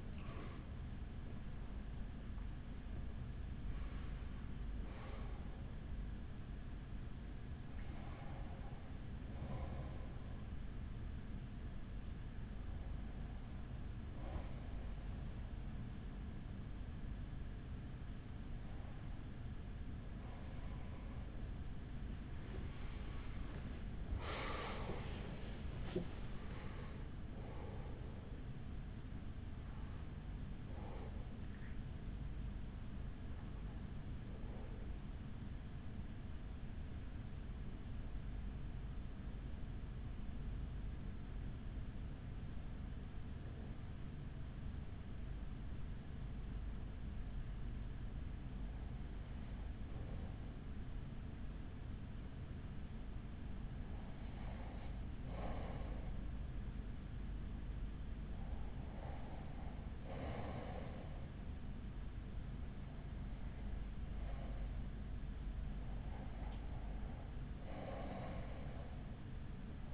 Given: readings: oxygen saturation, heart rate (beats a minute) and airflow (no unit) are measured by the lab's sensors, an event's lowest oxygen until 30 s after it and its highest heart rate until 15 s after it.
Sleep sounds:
breathing in sleep by a smartphone at the bedside; 2
10.00-22.40 s: hypopnea (N1, oxygen 95% highest, then 94% lowest, heart rate 64 at the start, 64 highest)
41.00-60.30 s: hypopnea (N1, oxygen 96% highest, then 92% lowest, heart rate 52 at the start, 52 highest)
From the record:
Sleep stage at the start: N1 (lightest sleep); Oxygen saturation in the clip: 92 to 96%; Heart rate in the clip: 43 to 64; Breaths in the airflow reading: 16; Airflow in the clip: -10.0 to 8.6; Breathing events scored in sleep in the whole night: 207 in 7.6 hours asleep

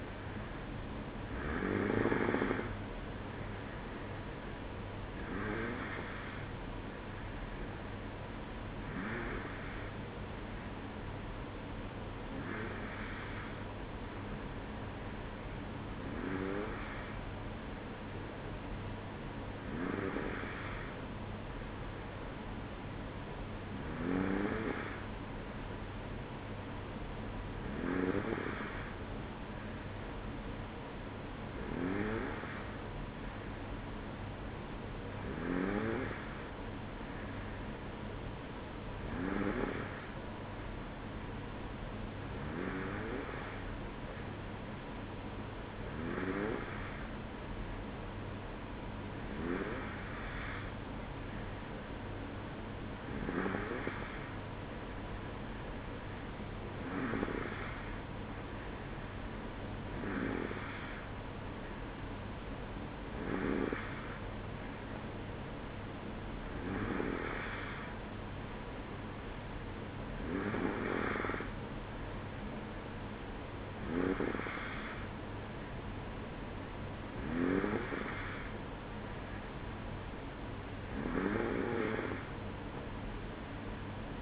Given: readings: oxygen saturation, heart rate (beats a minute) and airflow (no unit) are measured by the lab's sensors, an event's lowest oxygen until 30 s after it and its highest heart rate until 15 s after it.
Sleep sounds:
breathing in sleep by a voice recorder at the bedside; none
none scored
From the record:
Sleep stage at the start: N2 (light sleep); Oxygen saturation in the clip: 92 to 94%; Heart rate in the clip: 53 to 56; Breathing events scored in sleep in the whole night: 305 in 9.6 hours asleep

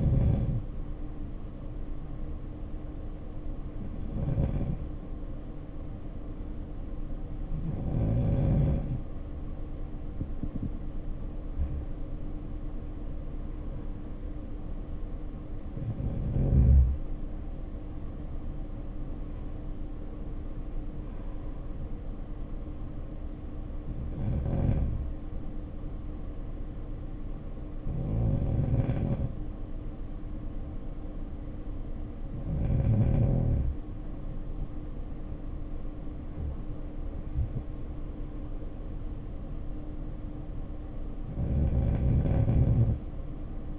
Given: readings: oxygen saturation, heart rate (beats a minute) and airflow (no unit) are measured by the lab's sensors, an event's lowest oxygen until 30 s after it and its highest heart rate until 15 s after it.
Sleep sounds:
breathing in sleep by a smartphone at the bedside; none
15.00-43.79 s: new sleep stage, N3 (deep sleep)
From the record:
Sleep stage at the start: N2 (light sleep); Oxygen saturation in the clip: 92 to 95%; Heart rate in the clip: 52 to 62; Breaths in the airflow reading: 11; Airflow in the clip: -8.1 to 7.3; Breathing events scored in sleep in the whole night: 520 in 7.2 hours asleep

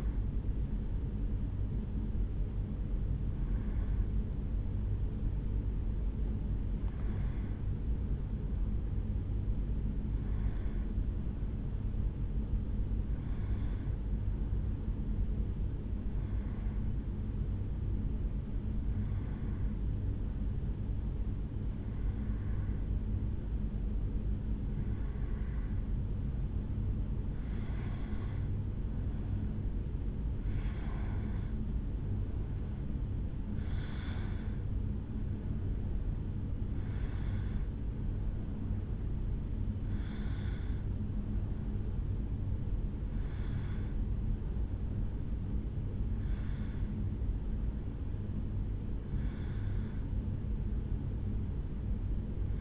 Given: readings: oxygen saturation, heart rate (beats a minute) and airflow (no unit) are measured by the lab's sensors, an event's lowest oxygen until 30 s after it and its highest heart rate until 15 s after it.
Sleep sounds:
breathing in sleep by a smartphone at the bedside; 1
0.00-11.00 s: awake
3.00-52.61 s: new sleep stage, N1 (lightest sleep)
11.00-35.40 s: hypopnea (N1, oxygen 94% highest, then 91% lowest, heart rate 73 at the start, 76 highest)
From the record:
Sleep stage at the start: awake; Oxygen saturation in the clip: 91 to 94%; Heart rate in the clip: 71 to 76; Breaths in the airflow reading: 17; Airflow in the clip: -2.6 to 3.0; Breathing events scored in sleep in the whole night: 449 in 7.0 hours asleep

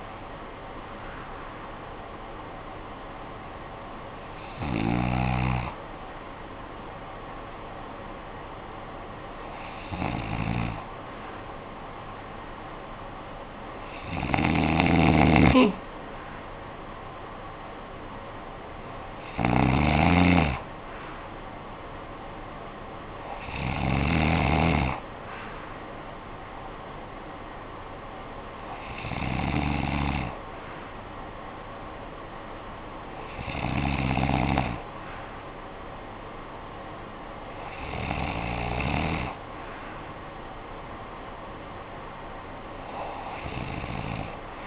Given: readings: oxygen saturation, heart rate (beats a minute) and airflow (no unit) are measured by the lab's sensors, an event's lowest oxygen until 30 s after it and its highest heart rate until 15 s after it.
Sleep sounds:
breathing in sleep by a voice recorder at the bedside; 1
0.00-6.00 s: awake
2.00-44.67 s: new sleep stage, N2 (light sleep)
6.00-23.10 s: hypopnea (N2, oxygen 96% highest, then 93% lowest, heart rate 69 at the start, 69 highest)
From the record:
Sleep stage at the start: awake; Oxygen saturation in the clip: 91 to 96%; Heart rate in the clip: 52 to 96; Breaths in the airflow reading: 10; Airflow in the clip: -12.7 to 13.0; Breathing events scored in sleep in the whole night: 445 in 7.6 hours asleep

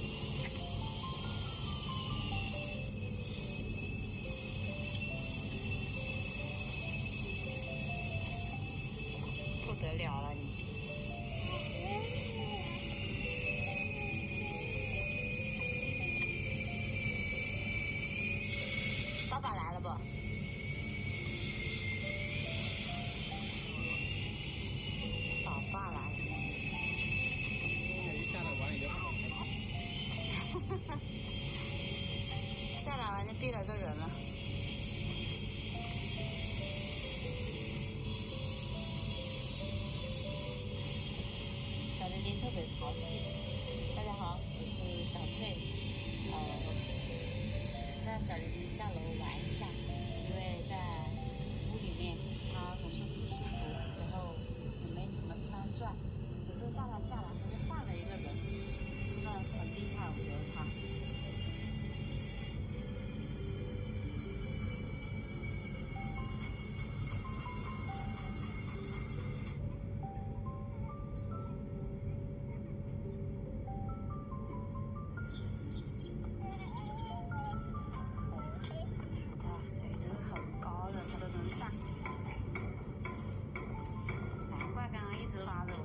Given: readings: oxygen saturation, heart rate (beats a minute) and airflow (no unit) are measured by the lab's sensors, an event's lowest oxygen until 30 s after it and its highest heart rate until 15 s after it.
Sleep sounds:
a person awake in a sleep study, by a smartphone at the bedside; none
0.00-85.85 s: awake
From the record:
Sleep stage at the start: awake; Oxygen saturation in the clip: 94 to 96%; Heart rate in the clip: 75 to 79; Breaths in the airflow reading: 23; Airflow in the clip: -4.1 to 5.0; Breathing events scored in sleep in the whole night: 131 in 7.2 hours asleep

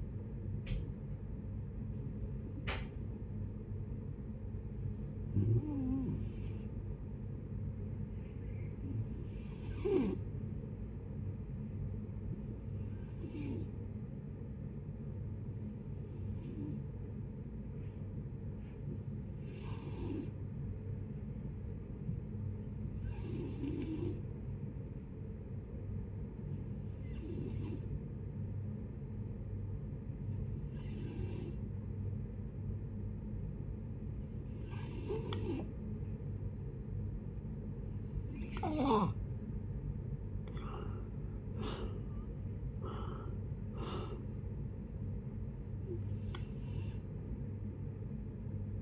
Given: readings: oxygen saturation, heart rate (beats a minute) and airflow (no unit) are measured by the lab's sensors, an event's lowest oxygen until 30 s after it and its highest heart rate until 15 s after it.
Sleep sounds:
breathing in sleep by a smartphone at the bedside; 1
9.00-39.50 s: hypopnea (N1, oxygen 96% highest, then 83% lowest, heart rate 66 at the start, 76 highest)
15.00-45.00 s: new sleep stage, N2 (light sleep)
45.00-48.82 s: new sleep stage, N1 (lightest sleep)
From the record:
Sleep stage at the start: N1 (lightest sleep); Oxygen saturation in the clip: 83 to 96%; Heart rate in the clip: 55 to 76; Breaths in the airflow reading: 14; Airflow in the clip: -10.1 to 8.9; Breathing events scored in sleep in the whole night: 496 in 5.4 hours asleep

